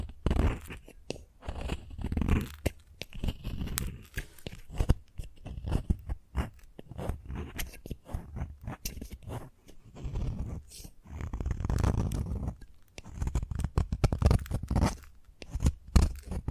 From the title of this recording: Chalk Sounds Tapping, Scratching, Carving etc